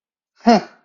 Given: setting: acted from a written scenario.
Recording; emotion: vocal sound without words; amusement